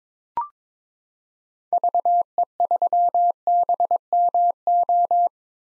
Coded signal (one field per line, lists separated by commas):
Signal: Morse code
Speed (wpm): 21 wpm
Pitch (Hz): 700 Hz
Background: none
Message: VE3BMO